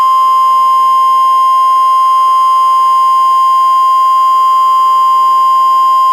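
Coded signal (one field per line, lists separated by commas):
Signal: Emergency Alert System (SAME) tones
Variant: 1050 Hz attention tone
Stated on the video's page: NWR Required Weekly Test from NWS Portland, relayed by Astoria station, received on a Reecom R-1630 weather radio, audio recorded directly via USB.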